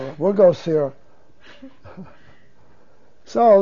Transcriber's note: he laughs